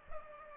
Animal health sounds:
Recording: mosquito wingbeat signal from an infrared sensor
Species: Culex pipiens

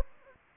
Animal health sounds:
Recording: mosquito wingbeat signal from an infrared sensor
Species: Anopheles gambiae

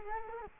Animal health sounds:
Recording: mosquito wingbeat signal from an infrared sensor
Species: Culex quinquefasciatus

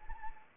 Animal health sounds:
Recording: mosquito wingbeat signal from an infrared sensor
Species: Anopheles arabiensis

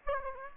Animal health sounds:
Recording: mosquito wingbeat signal from an infrared sensor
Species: Aedes aegypti

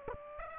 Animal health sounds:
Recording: mosquito wingbeat signal from an infrared sensor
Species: Aedes aegypti

